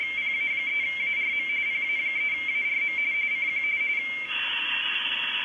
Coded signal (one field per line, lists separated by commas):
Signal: RTTY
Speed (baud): 45.45 baud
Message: PA3ARM PA3ARM CQ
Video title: Decoding RTTY on the Icom IC 7100